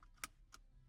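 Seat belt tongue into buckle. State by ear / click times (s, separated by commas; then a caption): seated / 0.2 s. A heavy seat belt tongue is pushed into its buckle on a seat in an electric car, and it clicks in with a sharp, bright snap at 0.2 s. A fainter tick comes before it at 0.0 s and another follows at 0.5 s. The belt is seated and the click sounds really nice.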